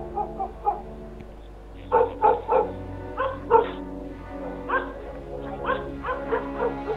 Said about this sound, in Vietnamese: Ấy nhưng mà tuyệt nhiên mấy con chó nhà các cậu nuôi lại không có sủa một tiếng nào. Con chó cứ chạy vòng quanh trong cái khu vườn mà sủa lên có một mình nó thôi.